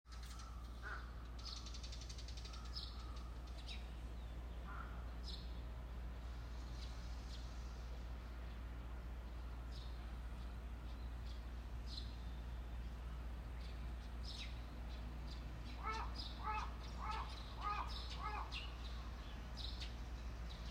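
Birdsong on a morning in Nishinomiya, Japan, heard over a steady low hum of traffic. Scattered bright chirps come every few seconds throughout, and around the sixteen-second mark a bird repeats a quick run of short, evenly spaced calls.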